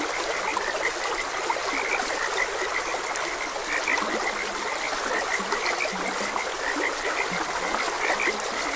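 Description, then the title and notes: Frog chorus of quick, overlapping chirping croaks and occasional deeper notes above a continuous trickling stream. Frogs croaking beside a gentle stream. "Frogs Croaking. Sleep and Relaxation Podcast"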